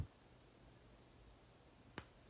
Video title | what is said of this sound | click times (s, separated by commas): ImpressArt Facebook LIVE 5/13/2020 - Crystal Rivet Decorated Jewelry! | you feel it clicks a little just because it clicks guys doesn't mean that you're good because this is gonna fall out | 2.0 s